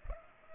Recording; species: mosquito wingbeat signal from an infrared sensor; Culex pipiens